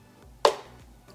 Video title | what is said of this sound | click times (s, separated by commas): How To Add Storage To Your PS5 EASILY - Samsung 980 Pro + Heat Sink | so when you insert the ssd just make sure it lines up and you'll hear a satisfying click | 0.4 s